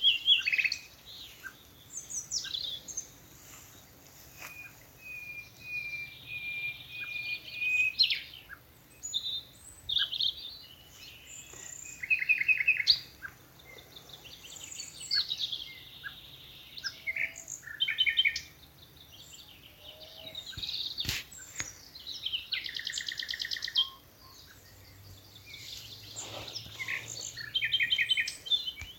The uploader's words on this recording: The glorious song of nightingales from a Dorset wood. In this episode, it's evening at Alners Gorse, a nature reserve in Dorset run by Butterfly Conservation . As the dew falls, the extraordinary song of nightingales rises from the thickets. Recorded by Martin Maudsley.